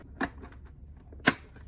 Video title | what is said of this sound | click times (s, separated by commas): Escape the Odor with Kitty TWISTR Litter Disposal SYSTEM: Product Review | This just clips right into here. | 1.3 s